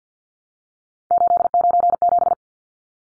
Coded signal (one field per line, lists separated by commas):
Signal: Morse code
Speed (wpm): 50 wpm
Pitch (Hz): 700 Hz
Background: none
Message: 897